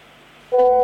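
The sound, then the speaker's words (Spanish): A telephone call sound effect on Belgrano AM 650 radio: after a half-second of faint hiss, a loud, steady electronic phone tone cuts in abruptly and holds at a constant pitch until the end. “Si hay llamado, lo escuchamos.”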